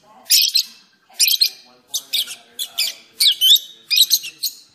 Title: Kicau Kacer